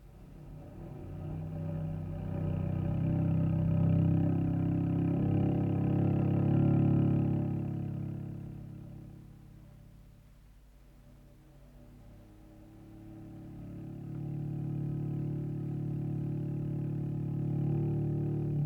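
The engine of a fully loaded car drones steadily with deep low-pitched rumble, rising in a rev, dipping and easing off midway, then building back up to a strong sustained drive with no voices.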